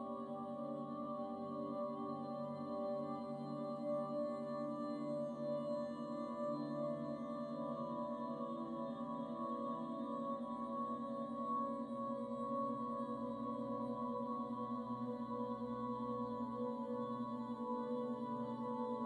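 Buddhist chanting blends with the long, ringing hum of singing bowls, held as a dense drone of steady tones. Low voices murmur underneath while bright, shimmering overtones hang above, and the loudness stays level throughout without clear breaks or strikes.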